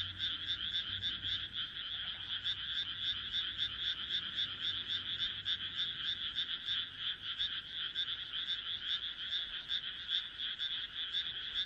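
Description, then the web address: Dense frog chorus of quick, harsh pulsed croaks running continuously with little variation. "kaeru kaeru"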